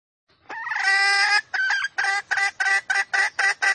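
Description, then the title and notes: Junglefowl hen call: a sustained nasal harmonic cry, then several shorter clucking notes in quick succession. Female junglefowl; recording used as a lure to attract wild junglefowl. "Pancingan Ayam Hutan Betina. Suara Ayam Hutan Betina. Pemikat Ayam Hutan"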